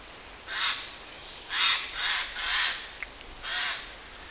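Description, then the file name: Eurasian jay giving harsh, rasping screeches, five broad noisy calls in about four seconds, some in quick succession, over a faint background hiss. "Garrulus glandarius"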